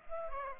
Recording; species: mosquito wingbeat signal from an infrared sensor; Culex pipiens